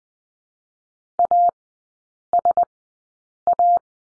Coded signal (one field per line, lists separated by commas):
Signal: Morse code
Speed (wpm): 19 wpm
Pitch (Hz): 700 Hz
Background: none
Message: A S A